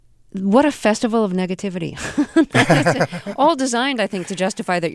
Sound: soundbite of laughter

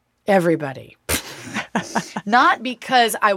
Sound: laughter

